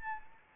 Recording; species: mosquito wingbeat signal from an infrared sensor; Anopheles arabiensis